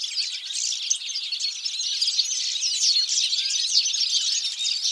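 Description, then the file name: European goldfinch calls, many overlapping sharp tweets and twitters forming a steady, high-pitched chatter. "Carduelis carduelis"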